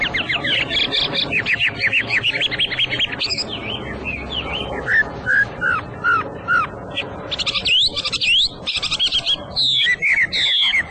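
Hwamei song: fast varied whistling, then a series of clear downslurred notes repeated about three times a second, then more rapid rich phrases.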